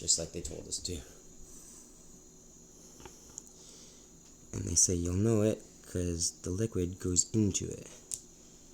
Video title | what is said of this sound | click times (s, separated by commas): AncestryDNA.ca Step-by-Step Instruction Guide | So I hear a pop. | 8.1 s